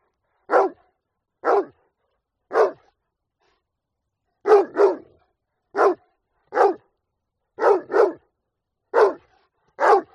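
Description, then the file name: Dog giving about a dozen sharp, short barks at uneven intervals, sometimes in quick pairs, with clean silence in between. "audio hero Dog"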